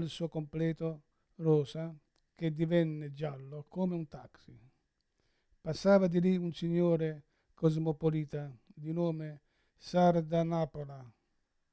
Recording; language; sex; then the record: read passage; Italian; male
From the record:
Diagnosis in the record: Parkinson's disease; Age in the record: 71 years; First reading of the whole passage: 60 s, 8.7 characters per second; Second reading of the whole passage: 57 s, 9.1 characters per second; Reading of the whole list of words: 54 s, 5.3 characters per second